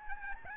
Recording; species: mosquito wingbeat signal from an infrared sensor; Aedes albopictus